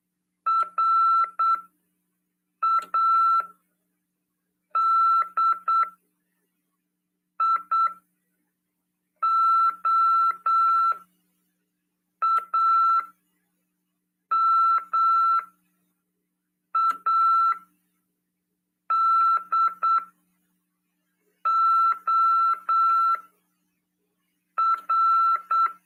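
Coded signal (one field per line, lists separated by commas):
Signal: Morse code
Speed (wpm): 8 wpm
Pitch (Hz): 1340 Hz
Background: none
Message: RADIOAMADOR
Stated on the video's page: Morse code (CW) class lesson 47 for amateur radio.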